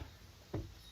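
While the glove box of a GMC Yukon is put back together after a cabin air filter change, a plastic glove box trim piece is pulled up into the dashboard glove box opening. A single faint snap at 0.5 s marks it popping into place, seated, over a quiet background.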